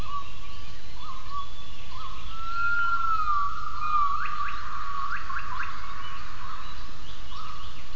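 Gibbon calls: long whistled tones holding level and gently sliding, then several quick rising hoots, over a constant low rumbling background.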